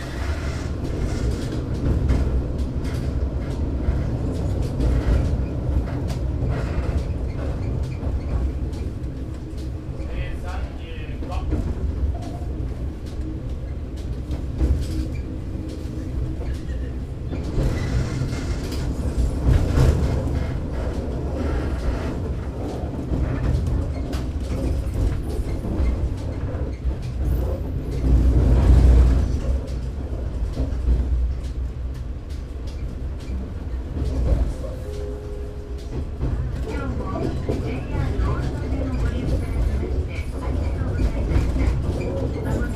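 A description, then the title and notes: A Kiha 52 diesel railcar rumbles steadily with deep engine drone and rattling, faint voices, and a louder surge near 28 seconds. Oito Line 427D (Kiha 52-126) Himekawa to Itoigawa. On the Oito Line of JR West, the diesel railcars of the former Japanese National Railways were once active until the end. I remember that many railroad fans were on board.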